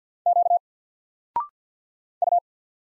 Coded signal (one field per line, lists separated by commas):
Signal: Morse code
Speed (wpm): 48 wpm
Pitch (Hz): 700 Hz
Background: none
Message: Q U